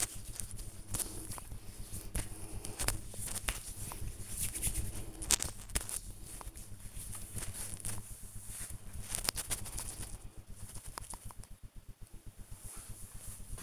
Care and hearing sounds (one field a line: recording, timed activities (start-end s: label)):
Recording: household activities, microphone on the right wrist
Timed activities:
0.00-6.63 s: cream hands